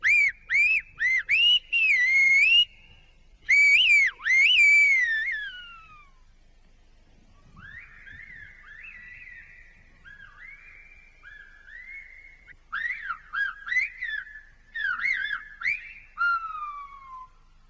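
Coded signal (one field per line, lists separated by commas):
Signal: whistled language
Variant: Silbo Gomero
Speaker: Well, I'm going to ask him to ask the other man what he had for breakfast.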